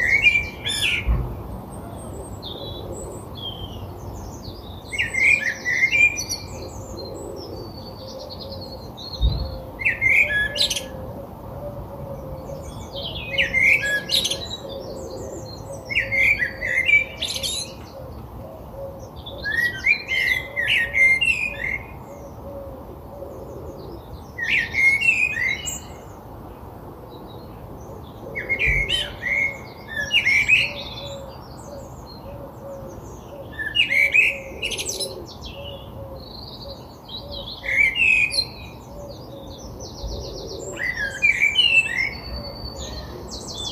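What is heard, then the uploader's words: Birdsong repeats in short, bright phrases about every two to three seconds, each a quick tumbling burst with rising and falling notes. Underneath runs a steady low rumble with a faint hum, unchanging for the whole stretch. A birdsong soundscape.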